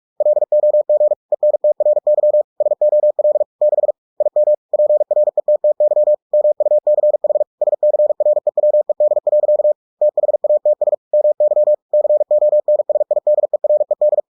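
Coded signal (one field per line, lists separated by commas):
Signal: Morse code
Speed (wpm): 46 wpm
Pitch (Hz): 600 Hz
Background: none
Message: LOG ENTRY SOL 6 IM PRETTY MUCH SCREWED. THATS MY CONSIDERED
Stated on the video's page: Computer-generated Morse at 45 WPM, converted from a book with ebook2cw, for head-copy practice.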